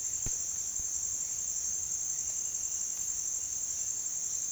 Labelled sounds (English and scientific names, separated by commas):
none